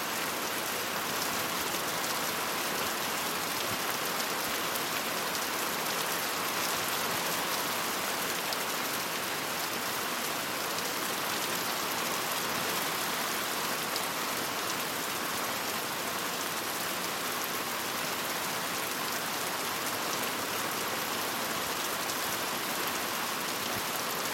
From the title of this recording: Steady Rain